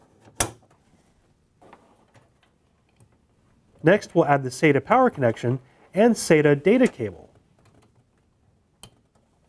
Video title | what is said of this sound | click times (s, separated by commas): ASUS MAXIMUS IX HERO LGA1151 DDR4 | The hard drive tray is toolless, so the hard drive will just snap right into place. | 0.4 s